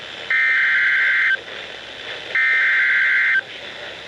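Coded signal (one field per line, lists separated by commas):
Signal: Emergency Alert System (SAME) tones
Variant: header bursts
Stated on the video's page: Played through new TV speakers that make it sound bad.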